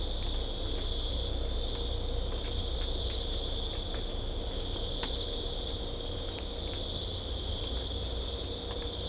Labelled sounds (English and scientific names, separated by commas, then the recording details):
none
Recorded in secondary vegetation near Puerto Asís, Putumayo, Colombia, on 18 December 2024 at 04:30
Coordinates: 0.500, -76.326
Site G065